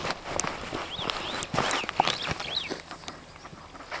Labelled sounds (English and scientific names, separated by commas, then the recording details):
Superb Starling (Lamprotornis superbus) flight call
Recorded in Kenya on 26 June 2010
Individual 60, of group MRCV